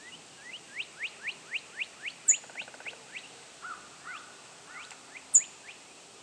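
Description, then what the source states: American tree sparrow song: a quick series of about a dozen upslurred whistled notes, several per second, followed by softer slurred notes and occasional sharp high ticks. New York.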